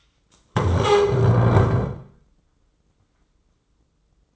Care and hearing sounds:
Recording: daily activity, microphone in the room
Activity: stand up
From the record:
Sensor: 3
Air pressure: 996.0 hPa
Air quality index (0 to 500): 246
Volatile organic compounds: 1000 ppm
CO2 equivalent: 6280 ppm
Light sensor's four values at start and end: 40/98/43/46 and 38/90/40/43

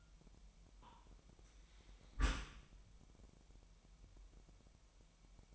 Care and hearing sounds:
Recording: daily activity, microphone in the room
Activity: close dishwasher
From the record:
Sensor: 1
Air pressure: 998.2 hPa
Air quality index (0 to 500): 140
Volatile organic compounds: 4 ppm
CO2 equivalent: 1669 ppm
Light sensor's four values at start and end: 16/54/21/22 and 16/54/21/22

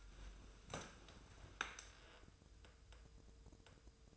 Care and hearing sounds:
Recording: daily activity, microphone in the room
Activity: sit down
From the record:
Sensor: 2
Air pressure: 1005.0 hPa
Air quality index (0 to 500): 99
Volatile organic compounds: 2 ppm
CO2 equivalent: 1195 ppm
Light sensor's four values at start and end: 7/17/7/7 and 7/16/7/7

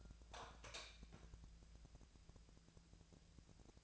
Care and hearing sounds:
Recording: daily activity, microphone in the room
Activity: light on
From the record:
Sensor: 2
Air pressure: 999.8 hPa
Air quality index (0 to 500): 117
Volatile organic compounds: 2 ppm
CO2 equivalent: 1008 ppm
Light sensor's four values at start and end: 30/78/33/37 and 35/95/39/44

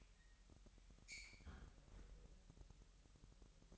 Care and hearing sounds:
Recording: daily activity, microphone in the room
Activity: close fridge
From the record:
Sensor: 3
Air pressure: 1002.0 hPa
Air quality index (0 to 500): 246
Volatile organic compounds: 50 ppm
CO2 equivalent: 3301 ppm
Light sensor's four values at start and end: 12/36/16/13 and 12/36/16/13

